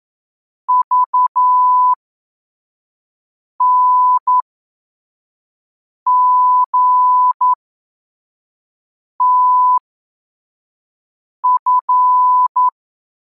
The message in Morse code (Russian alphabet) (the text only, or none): ЖНГТФ